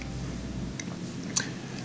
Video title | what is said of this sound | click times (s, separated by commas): ✨ LG WASHER-DRYER WON’T DRAIN - OE ERROR MESSAGE — EASY FIX ✨ | I'll push in until it clicks now | 0.8 s, 1.4 s